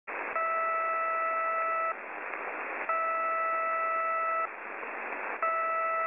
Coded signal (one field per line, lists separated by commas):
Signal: channel marker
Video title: 7700 kHz, UNID New marker, Beeps